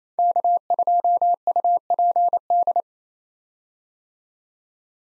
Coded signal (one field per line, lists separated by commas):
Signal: Morse code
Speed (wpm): 28 wpm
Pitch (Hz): 700 Hz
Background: none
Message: K2UPD